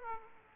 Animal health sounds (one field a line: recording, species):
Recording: mosquito wingbeat signal from an infrared sensor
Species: Aedes aegypti